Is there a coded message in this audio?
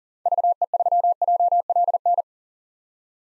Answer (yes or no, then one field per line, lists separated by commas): yes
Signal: Morse code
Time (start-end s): 0.3-2.2 s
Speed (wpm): 40 wpm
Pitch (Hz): 700 Hz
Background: none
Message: VE3JLN